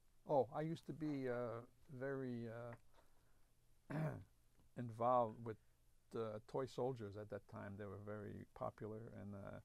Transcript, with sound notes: Oh, I used to be very (he clears his throat) involved with the toy soldiers at that time. They were very popular and